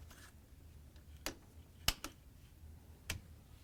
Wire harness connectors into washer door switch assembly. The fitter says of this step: they all just snap into place